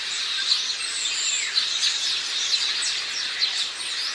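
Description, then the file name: House sparrow: a busy mass of house sparrow chirps with short, sharp calls breaking through about once a second over the constant chatter. "Passer domesticus"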